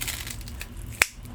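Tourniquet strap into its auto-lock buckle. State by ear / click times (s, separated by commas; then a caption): seated / 1.0 s. A SAM XT Extremity Tourniquet strap is pulled through its auto-lock buckle, with soft rustling and faint ticks before the plastic locks engage. A single sharp click at 1.0 s marks the strap locking into place, confirmed as locked.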